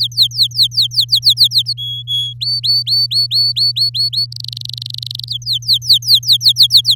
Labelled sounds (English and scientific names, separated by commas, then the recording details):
Domestic Canary (Serinus canaria) song
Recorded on 6 May 2018 at 07:47
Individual llb16